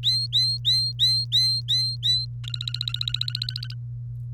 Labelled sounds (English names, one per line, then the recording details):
Domestic Canary song
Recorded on 30 April 2018 at 14:22
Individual llb3